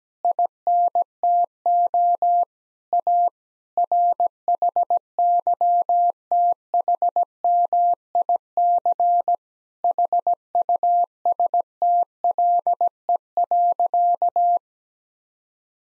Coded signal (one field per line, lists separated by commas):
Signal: Morse code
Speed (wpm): 17 wpm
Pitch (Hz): 700 Hz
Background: none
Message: INTO A RHYTHMIC HUSTLE.